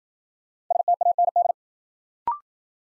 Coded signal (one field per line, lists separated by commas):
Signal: Morse code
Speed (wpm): 56 wpm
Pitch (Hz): 700 Hz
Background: none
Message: STAND